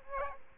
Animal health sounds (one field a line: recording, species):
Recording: mosquito wingbeat signal from an infrared sensor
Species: Aedes aegypti